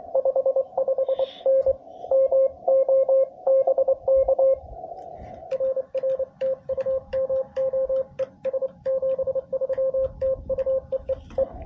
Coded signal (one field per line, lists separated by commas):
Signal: Morse code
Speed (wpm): 27 wpm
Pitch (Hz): 530 Hz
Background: radio noise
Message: 55N MO BK RR TU MO ES 73 TU EEE